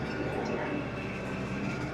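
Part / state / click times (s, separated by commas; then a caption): disc mower cutter bar into its breakaway latch / not seated / none. A tractor backs up to push a broken-away disc mower cutter bar back into its safety breakaway latch, with a steady engine drone and hum running throughout. No snap or click is heard, and the cutter bar has not seated; the latch fails to snap back in place.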